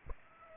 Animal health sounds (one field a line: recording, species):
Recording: mosquito wingbeat signal from an infrared sensor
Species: Aedes aegypti